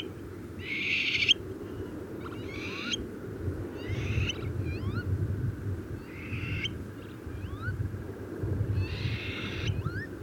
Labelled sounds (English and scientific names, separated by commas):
Eurasian Stone-curlew (Burhinus oedicnemus) call